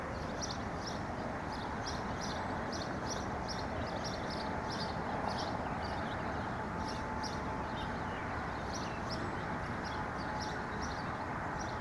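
An outdoor neighborhood scene with a steady, dense low rumble of distant traffic running throughout. Over it, a high, thin chirping repeats in quick, regular pulses, a bird or insect calling nearby, pausing briefly around the middle before resuming.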